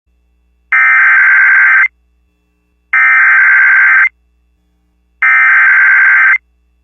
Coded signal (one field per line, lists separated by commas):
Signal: Emergency Alert System (SAME) tones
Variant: header bursts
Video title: Severe Thunderstorm Warning | EAS #527